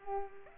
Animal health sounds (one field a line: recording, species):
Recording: mosquito wingbeat signal from an infrared sensor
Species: Culex pipiens